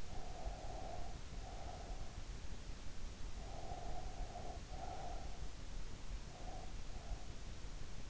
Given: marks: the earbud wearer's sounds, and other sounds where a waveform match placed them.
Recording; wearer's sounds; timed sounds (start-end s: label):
sounds in sleep by an in-ear microphone; breath
0.00-2.25 s: breath
3.27-5.60 s: breath
6.28-7.40 s: breath